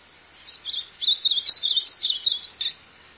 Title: Canto Do Golinha